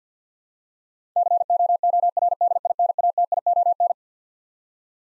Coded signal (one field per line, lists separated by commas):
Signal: Morse code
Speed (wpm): 50 wpm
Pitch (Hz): 700 Hz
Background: none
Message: COORDINATION